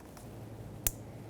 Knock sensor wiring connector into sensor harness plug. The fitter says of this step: So I'm going to reconnect it, make sure it clicks.